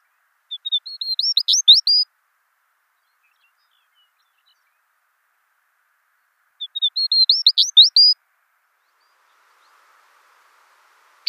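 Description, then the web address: Smith's longspur song delivered twice, about six seconds apart: each a fast series of high chirps and slurred whistles ending in an emphatic flourish. "Zoo Field Guide. Smith's Longspur"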